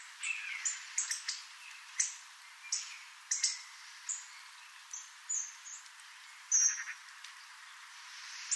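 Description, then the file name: Hawfinch call: short, hard tick notes scattered throughout, mixed with high twittering and whistled notes from other birds. "Grosbec"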